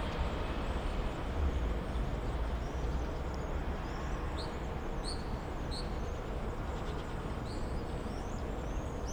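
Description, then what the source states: Common swift screams, short sharp high squeals scattered through the middle and end, above a heavy low rumble of background noise. Summer evening in a backyard in Bytom, Poland; many swifts circling; recorded with Zoom F4 and AT BP4025.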